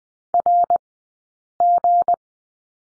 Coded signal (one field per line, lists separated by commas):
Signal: Morse code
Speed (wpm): 20 wpm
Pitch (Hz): 700 Hz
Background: none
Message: RG